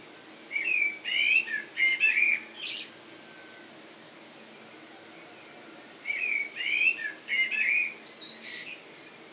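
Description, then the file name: Common blackbird giving two phrases of low, mellow whistles followed by high, squeaky twittering, separated by a silent gap of about three seconds. "Turdus merula"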